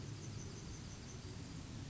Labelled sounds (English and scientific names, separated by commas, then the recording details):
Yellowhammer (Emberiza citrinella) song
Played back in forest
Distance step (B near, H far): G
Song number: 168